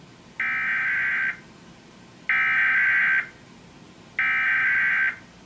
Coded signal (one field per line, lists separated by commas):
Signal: Emergency Alert System (SAME) tones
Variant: header bursts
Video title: (SSTEAS REUPLOAD) 10 Years on YouTube - 10 Unique and SCARY Required Weekly Tests